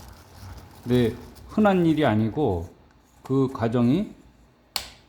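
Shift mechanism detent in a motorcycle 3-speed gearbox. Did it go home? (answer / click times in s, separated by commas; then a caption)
yes / 4.8 s. Someone talks while turning the shift channel of an electric motorcycle's 3-speed gearbox prototype. At 4.8 s the shift mechanism detent gives a single sharp click as an internal spring forces it to rotate and self-align. The mechanism clicks into alignment and is seated.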